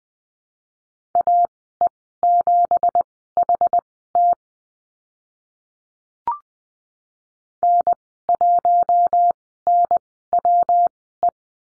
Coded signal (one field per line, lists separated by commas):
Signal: Morse code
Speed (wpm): 20 wpm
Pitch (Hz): 700 Hz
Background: none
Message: AE7HT N1NWE